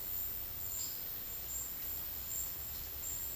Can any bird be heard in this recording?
no